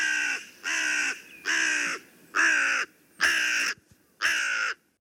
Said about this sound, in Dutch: Dat was de kraai. Dat was de kraai. Kraai, ja. En nu dan de... Het is meer een knorretje, die kraai. Ja, of een afwasmachine die vastloopt.